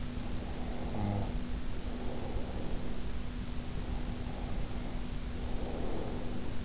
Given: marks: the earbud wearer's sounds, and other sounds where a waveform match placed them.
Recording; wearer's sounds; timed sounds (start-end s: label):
sounds in sleep by an in-ear microphone; snoring breath, breath
0.13-3.25 s: snoring breath
3.54-6.65 s: breath